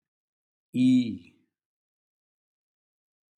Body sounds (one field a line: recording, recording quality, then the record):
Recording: sustained vowel as in beet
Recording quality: excellent, no background noise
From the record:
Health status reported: healthy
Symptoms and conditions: diabetes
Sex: male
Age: 57 years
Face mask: not worn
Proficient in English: yes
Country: India